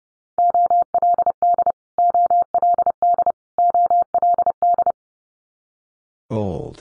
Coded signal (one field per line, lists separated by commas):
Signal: Morse code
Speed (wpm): 30 wpm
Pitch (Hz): 700 Hz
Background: none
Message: OLD OLD OLD